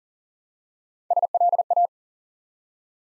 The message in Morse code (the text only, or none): SLA